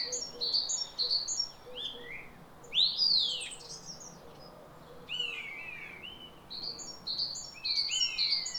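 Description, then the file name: Great tit call notes, high paired notes repeated in quick series at the start and again at the end, with downslurred whistles in between. "Parus major"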